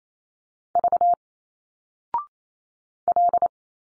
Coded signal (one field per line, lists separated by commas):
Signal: Morse code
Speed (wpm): 28 wpm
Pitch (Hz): 700 Hz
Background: none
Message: V L